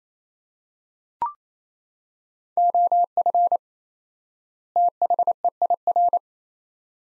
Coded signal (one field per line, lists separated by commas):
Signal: Morse code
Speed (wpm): 27 wpm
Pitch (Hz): 700 Hz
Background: none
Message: OF THEIR